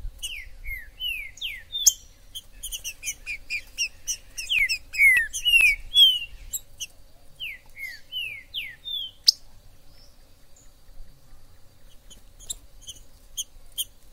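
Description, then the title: Green-winged saltator singing three bouts of rich, slurred whistles, about two per second, with many high chips. Trinca-ferro 'Major' in the forest, chirping, singing and 'macheando' (acting male) in a dispute; video meant to excite a pet trinca-ferro. "ESQUENTAR Seu TRINCA Piando, Cantando E Macheando Na DISPUTA. TRINCA FERRO no MATO Trinca ferro MAJOR no MATO"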